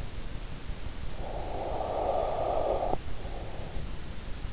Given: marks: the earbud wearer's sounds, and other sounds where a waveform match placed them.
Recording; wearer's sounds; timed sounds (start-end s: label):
sounds in sleep by an in-ear microphone; breath
0.99-3.89 s: breath